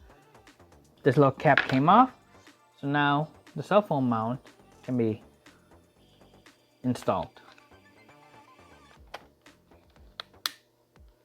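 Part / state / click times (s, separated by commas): phone mount into RC transmitter / seated / 10.2 s, 10.5 s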